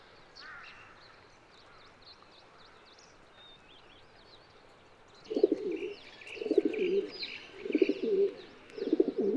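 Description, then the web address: Domestic pigeon (Ra'bi breed): domestic pigeon cooing: after about five seconds of thin high chirps from other birds, four low, throaty rolling coo bouts follow in quick succession. "صدای-کبوتر-راعبی"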